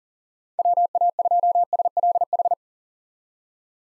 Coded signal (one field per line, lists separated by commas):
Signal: Morse code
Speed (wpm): 40 wpm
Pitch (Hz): 700 Hz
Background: none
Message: WA2SLH